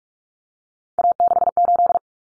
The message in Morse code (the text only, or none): A68